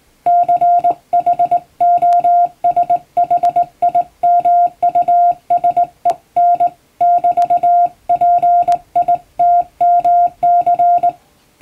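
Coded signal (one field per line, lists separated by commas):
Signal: Morse code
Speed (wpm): 19 wpm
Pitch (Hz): 700 Hz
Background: music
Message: CHOSHIMUSEN <BT>PITMC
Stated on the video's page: Morse practice for the Japanese radiotelegraph operator exam, recorded on the air on amateur radio; references Japanese Morse at 17 wpm and English at 25 wpm.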